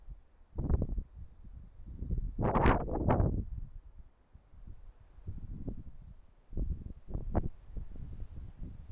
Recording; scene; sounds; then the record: everyday scene through a hearing-aid microphone; wind on the microphone; wind, traffic, birds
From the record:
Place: suburban garden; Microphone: behind the ear, left, rear